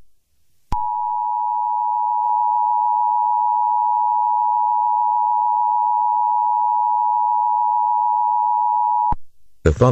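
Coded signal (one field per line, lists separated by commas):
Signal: Emergency Alert System (SAME) tones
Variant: 853 and 960 Hz attention tone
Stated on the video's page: A fictional horror EAS scenario about an SCP entity.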